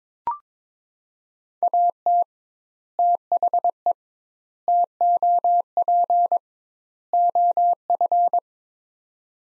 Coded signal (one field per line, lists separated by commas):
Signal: Morse code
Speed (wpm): 22 wpm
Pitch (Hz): 700 Hz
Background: none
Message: AT THE TOP OF